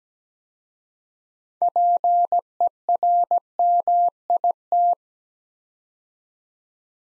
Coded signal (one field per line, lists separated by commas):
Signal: Morse code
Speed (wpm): 17 wpm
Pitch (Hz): 700 Hz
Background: none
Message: PERMIT